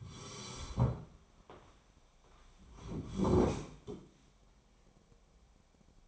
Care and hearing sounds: daily activity, microphone in the room; sit down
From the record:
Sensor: 1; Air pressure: 1015.2 hPa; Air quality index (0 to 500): 198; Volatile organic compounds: 23 ppm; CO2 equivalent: 2771 ppm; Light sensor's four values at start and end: 12/29/12/13 and 12/30/12/13

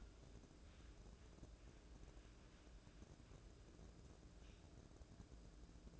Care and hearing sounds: daily activity, microphone in the room; wipe stove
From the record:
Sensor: 2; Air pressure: 1012.2 hPa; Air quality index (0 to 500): 156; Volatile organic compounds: 2 ppm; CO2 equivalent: 1140 ppm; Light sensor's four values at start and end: 438/1103/428/447 and 437/1100/427/446

